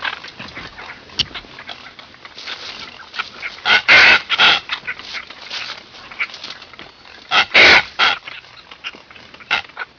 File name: red booby